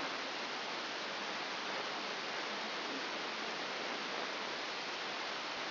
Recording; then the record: brain microelectrode recording played as sound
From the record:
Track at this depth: outside the subthalamic nucleus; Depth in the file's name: 6.501 mm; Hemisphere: left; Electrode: 2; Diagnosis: Parkinson's disease